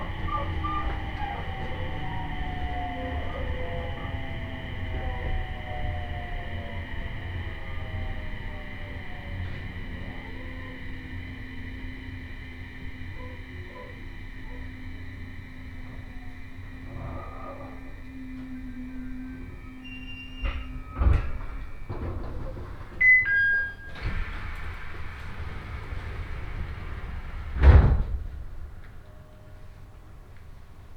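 Inside a train on a rail journey, a steady low rumble runs throughout while motor whines slide downward in pitch over the first half as the train slows. After about twenty seconds, sharp clunks and knocks arrive, with brief bright tones and a loud thud near 28 seconds.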